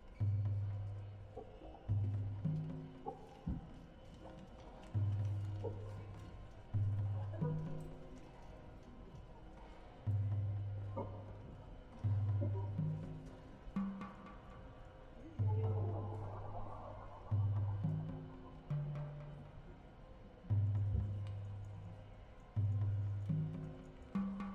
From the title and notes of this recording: This is my annual exploration of sounds from the US Open Tennis tournament, held in New York at the end of each Summer. Spectral gate, delay, and reverb from Logic Pro were used to process some of the sounds, and synth ambience was created within Alchemy.